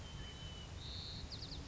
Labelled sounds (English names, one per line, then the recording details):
White-crowned Sparrow
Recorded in Sonoma County, California